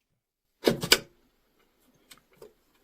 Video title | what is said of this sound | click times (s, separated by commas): How to change controller REX-C100 or XMTG-7000 | until you clearly hear a very distinct clicking sound. | 0.9 s